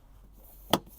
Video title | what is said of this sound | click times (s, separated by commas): MK2 AUDI TT WATER LEAK FIX! | snap snap so all these trim clips are a bit of a weird one because you've got to reset them | 0.7 s